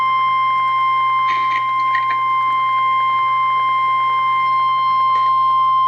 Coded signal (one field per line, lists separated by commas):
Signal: Emergency Alert System (SAME) tones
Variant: 1050 Hz attention tone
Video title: REAL EAS 214- Tornado warning